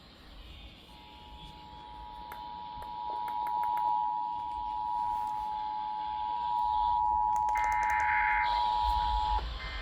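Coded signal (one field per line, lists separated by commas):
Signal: Emergency Alert System (SAME) tones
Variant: 853 and 960 Hz attention tone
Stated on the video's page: Severe thunderstorm warning received on FM stations KUHF 88.7 and KACC 89.7 and TV channels 57.1 and 51.1.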